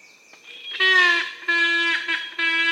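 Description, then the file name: Yellow-casqued hornbill calls: a faint high whistle, then loud, nasal, honking notes that start abruptly and follow one another in quick succession. "yellow casqued hornbills birds singing"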